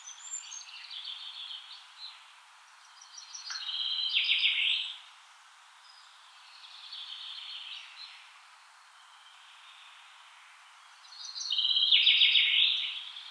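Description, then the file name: Common chaffinch singing several trilled phrases ending in a flourish, some loud and some softer. "Fringilla coelebs"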